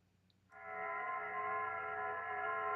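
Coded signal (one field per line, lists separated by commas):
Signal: FT8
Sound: many overlapping steady warbling tones filling the audio band, like a chord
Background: radio static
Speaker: So that's what it sounds like if you've never heard FT8. So, not really interesting. Just a bunch of warbling tones.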